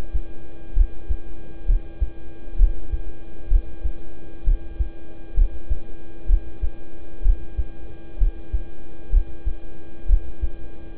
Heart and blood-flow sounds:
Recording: heart sounds by stethoscope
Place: between the tricuspid and mitral areas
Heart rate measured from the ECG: 64 bpm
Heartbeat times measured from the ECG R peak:
0.73 s: heartbeat
1.65 s: heartbeat
2.56 s: heartbeat
3.48 s: heartbeat
4.43 s: heartbeat
5.34 s: heartbeat
6.26 s: heartbeat
7.22 s: heartbeat
8.17 s: heartbeat
9.10 s: heartbeat
10.06 s: heartbeat
From the record:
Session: rest, lying down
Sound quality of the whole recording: good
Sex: male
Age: 26 years

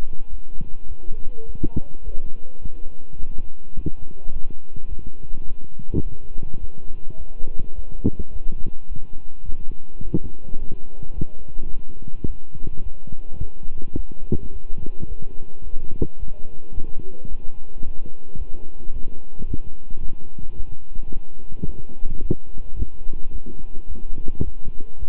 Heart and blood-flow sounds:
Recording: heart sounds by stethoscope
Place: between the tricuspid and mitral areas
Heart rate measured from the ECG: 107 bpm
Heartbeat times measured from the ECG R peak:
0.29 s: heartbeat
0.86 s: heartbeat
1.44 s: heartbeat
2.02 s: heartbeat
2.59 s: heartbeat
3.17 s: heartbeat
3.74 s: heartbeat
4.31 s: heartbeat
4.87 s: heartbeat
5.44 s: heartbeat
6.01 s: heartbeat
6.58 s: heartbeat
7.16 s: heartbeat
7.73 s: heartbeat
8.30 s: heartbeat
8.87 s: heartbeat
9.44 s: heartbeat
10.00 s: heartbeat
10.56 s: heartbeat
11.13 s: heartbeat
11.69 s: heartbeat
12.25 s: heartbeat
12.81 s: heartbeat
13.38 s: heartbeat
13.94 s: heartbeat
14.50 s: heartbeat
15.06 s: heartbeat
15.62 s: heartbeat
16.17 s: heartbeat
16.72 s: heartbeat
17.27 s: heartbeat
17.82 s: heartbeat
18.36 s: heartbeat
18.91 s: heartbeat
19.45 s: heartbeat
20.00 s: heartbeat
20.54 s: heartbeat
21.09 s: heartbeat
21.64 s: heartbeat
22.19 s: heartbeat
22.74 s: heartbeat
23.30 s: heartbeat
23.86 s: heartbeat
24.42 s: heartbeat
24.97 s: heartbeat
From the record:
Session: walking at 3.7 km/h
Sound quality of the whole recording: good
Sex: male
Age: 26 years

